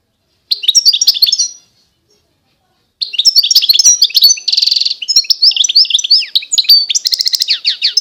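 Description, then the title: European goldfinch song: a short burst of bright, rapid twittering, a pause, then a long run of liquid tinkling notes with a brief buzzy trill mid-phrase. Wild bird. "اجمل غناءالحسون الخلويchant chardonneret sauvage"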